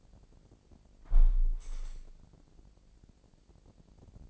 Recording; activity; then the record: daily activity, microphone in the room; close window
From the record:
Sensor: 5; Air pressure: 1012.4 hPa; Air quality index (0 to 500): 157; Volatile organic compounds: 2 ppm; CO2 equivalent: 1069 ppm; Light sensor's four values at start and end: 107/257/109/120 and 107/257/109/120